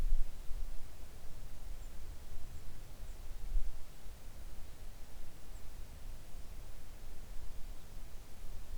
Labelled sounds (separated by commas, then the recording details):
songbird
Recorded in the Arctic National Wildlife Refuge, Alaska, on 3 August 2019 at 05:33
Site 41